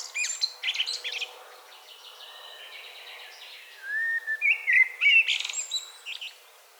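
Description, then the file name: Common blackbird sings: high twittering notes at the start, a quiet gap, then a rich fluted whistle that ends in scratchy chatter. "Turdus merula"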